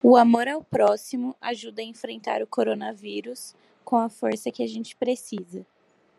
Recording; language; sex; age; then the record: spoken sentence; Brazilian Portuguese; female; 20 to 29 years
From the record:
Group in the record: control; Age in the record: 20 years